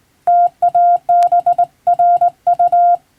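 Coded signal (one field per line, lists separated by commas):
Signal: Morse code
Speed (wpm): 21 wpm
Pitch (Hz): 700 Hz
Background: none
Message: TABRU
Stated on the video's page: Morse practice in the style of the radiotelegraph operator licence exam, sending from a European-language telegram practice book, by a first-class radiotelegraph operator.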